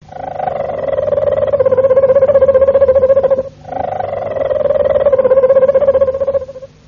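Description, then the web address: Harz Roller canary song: low, steady rolling trills in two long phrases of about three seconds each, separated by a brief pause. "canarios cantoharz"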